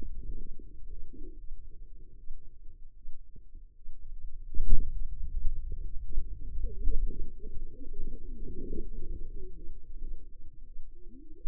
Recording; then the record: forearm muscle sounds (acoustic myography)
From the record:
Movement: hand closing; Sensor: system 2, bracelet of six BSWA MPA416 microphones around the upper forearm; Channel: 2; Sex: female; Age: 25 years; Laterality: right